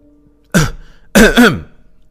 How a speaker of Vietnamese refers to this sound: ho khan một tiếng, ổn định lại tâm trạng.